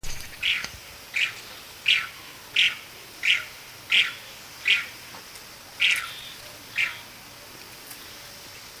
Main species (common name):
Falkland Steamer Duck